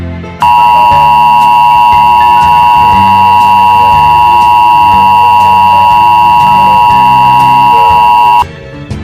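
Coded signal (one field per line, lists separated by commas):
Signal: Emergency Alert System (SAME) tones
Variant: 853 and 960 Hz attention tone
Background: music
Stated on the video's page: Simulated EAS alert tones in a fictional invasion scenario, with frames skipped.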